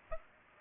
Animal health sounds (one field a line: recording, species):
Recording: mosquito wingbeat signal from an infrared sensor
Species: Aedes aegypti